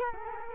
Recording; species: mosquito wingbeat signal from an infrared sensor; Culex quinquefasciatus